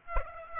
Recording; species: mosquito wingbeat signal from an infrared sensor; Aedes aegypti